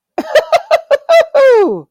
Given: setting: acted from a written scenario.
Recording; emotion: vocal sound without words; elation